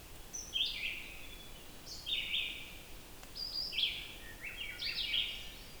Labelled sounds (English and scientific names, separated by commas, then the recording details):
Red-eyed Vireo (Vireo olivaceus) song
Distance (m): 35 m
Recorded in boreal forest in Alberta, Canada, on 14 June 2016 at 06:40
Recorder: SongMeter 3, array SBT-3-33
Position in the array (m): 152 m, 182 m